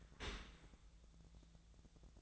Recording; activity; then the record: daily activity, microphone in the room; open dishwasher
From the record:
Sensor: 3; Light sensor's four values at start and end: 14/36/14/16 and 14/36/14/16